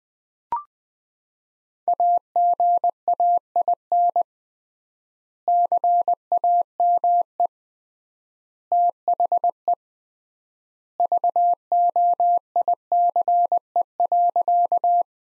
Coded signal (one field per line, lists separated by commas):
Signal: Morse code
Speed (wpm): 20 wpm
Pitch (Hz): 700 Hz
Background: none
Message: AGAIN CAME THE VOICE.